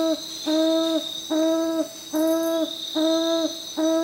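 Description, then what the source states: Papuan frogmouth calling low resonant oom notes in an even series, while insects buzz steadily in the background. Papua New Guinea.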